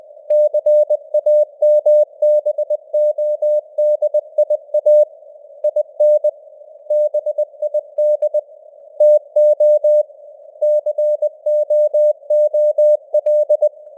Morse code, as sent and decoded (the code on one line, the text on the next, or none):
-.-. .- -- -... --- -.. .. .- / .. -. / -... .. -.. / - --- / -.-. --- --- .-..
CAMBODIA IN BID TO COOL